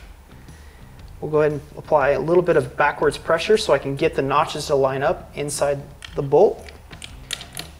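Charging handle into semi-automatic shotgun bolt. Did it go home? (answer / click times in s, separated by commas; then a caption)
yes / 7.3 s. A metal charging handle is pushed, key facing up, into the bolt of a GForce Arms GF12AR semi-automatic shotgun, with backward pressure applied to line up the notches inside the bolt. Someone talks for most of the clip, then a few short, sharp mechanical sounds come as the handle is wiggled and pressed down. It clicks into place at 7.3 s, so the charging handle is seated and the bolt assembly is locked together.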